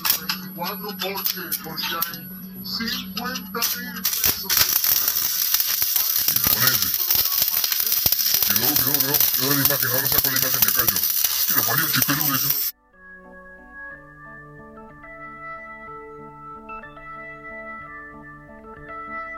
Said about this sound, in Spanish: Soldar acá la pata, escuchen.